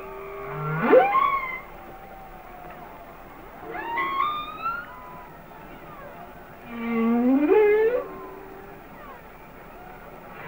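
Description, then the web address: Humpback whale song: low moans leading into rising and falling whistled sweeps, three phrases with softer chirps between them. "Whale Songs Sounds of Nature - Humpback Whales"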